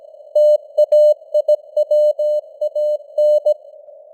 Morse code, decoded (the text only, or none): TAIWAN